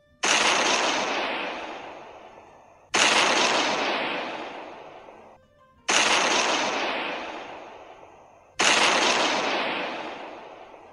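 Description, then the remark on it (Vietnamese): Four loud explosions of explosives hidden in lanterns go off one after another, each bursting suddenly and then fading into a long roaring, crackling rumble before the next blast hits. “Những tiếng nổ liên tục lại vang lên, thuốc nổ giấu trong đèn lồng tiếp tục nổ tung, sóng công kích ép ra tầng tầng khói bụi”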